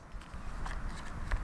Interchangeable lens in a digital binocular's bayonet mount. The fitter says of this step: and just start twisting once you hear a pop